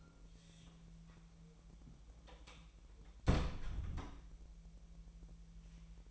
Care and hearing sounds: daily activity, microphone in the room; close door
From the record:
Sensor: 1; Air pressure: 1001.3 hPa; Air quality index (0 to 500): 249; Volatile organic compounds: 137 ppm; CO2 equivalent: 3962 ppm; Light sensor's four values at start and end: 12/28/11/12 and 12/29/12/13

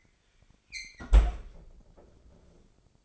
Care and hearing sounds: daily activity, microphone in the room; close fridge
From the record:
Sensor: 5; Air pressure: 995.3 hPa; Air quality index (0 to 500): 96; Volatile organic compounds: 5 ppm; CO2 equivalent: 1822 ppm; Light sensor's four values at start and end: 33/79/31/31 and 29/70/28/27

